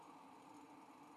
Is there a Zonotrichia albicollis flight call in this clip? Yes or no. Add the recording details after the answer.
no. No flight call is heard. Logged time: 03:50 on 5 December 2014